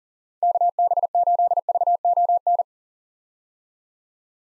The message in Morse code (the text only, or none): KB8VON